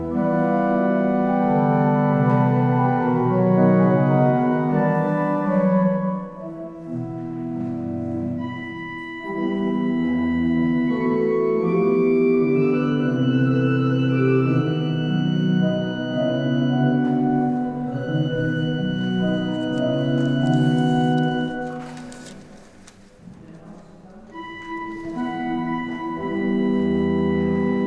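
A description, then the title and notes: An organist practices in a church, sustained chords and moving lines layered over a deep bass. The playing holds steady and full, softening briefly around six seconds and again near twenty-two seconds before swelling back, with a few soft clatters in between. In a church while an organist practices.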